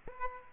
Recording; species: mosquito wingbeat signal from an infrared sensor; Aedes aegypti